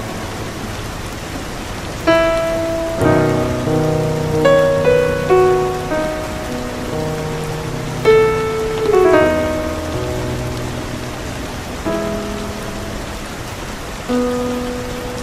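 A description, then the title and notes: A steady hiss of rain runs throughout. From about two seconds a gentle classical melody comes in, with notes and chords struck every half second or so, fuller clusters near three, eight and nine seconds, and a last held note at fourteen seconds. Rainy classic ambience.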